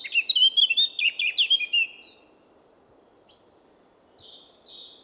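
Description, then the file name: Eurasian blackcap delivering one brisk song burst: quick chattering notes running into loud, rich whistles, then near silence with a few faint high notes. "Sylvia atricapilla"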